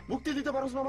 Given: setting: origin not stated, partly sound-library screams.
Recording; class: one-second piece from a danger detection set; normal situation